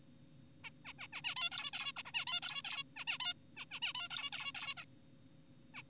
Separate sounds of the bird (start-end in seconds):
0.64-0.70, 0.85-0.93, 0.99-1.08, 1.13-1.22, 1.24-1.35, 1.36-1.50, 1.52-1.71, 1.73-1.92, 1.96-2.03, 2.06-2.12, 2.14-2.25, 2.27-2.40, 2.42-2.62, 2.65-2.83, 2.96-3.05, 3.08-3.18, 3.21-3.34, 3.57-3.66, 3.71-3.80, 3.82-3.93, 3.95-4.08, 4.10-4.30, 4.32-4.52, 4.55-4.74, 4.77-4.85, 5.74-5.82